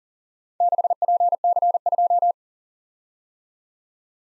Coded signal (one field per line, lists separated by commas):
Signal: Morse code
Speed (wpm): 47 wpm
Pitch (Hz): 700 Hz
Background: none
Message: 6PC2